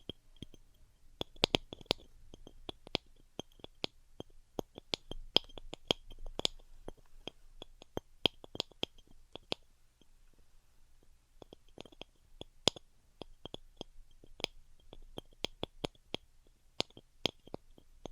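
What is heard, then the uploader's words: Close-up tingly triggers: sharp, crisp clicks and taps arrive in irregular bursts across the whole clip, sometimes clustered, sometimes spaced by short pauses. The sounds are very near and bright, with moist, squishy mouth-like textures over a quiet, low hum. ASMR Extremely Tingly Close-Up Triggers (No Talking).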